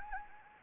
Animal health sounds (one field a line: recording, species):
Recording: mosquito wingbeat signal from an infrared sensor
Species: Anopheles gambiae